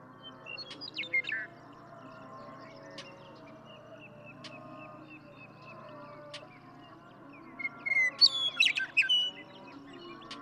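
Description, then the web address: Western meadowlark song: a brief flute-like phrase near the start, then a longer burst of clear whistles tumbling into a jumbled, gurgling ending. "birdsongforthecurious songs Western Meadowlark"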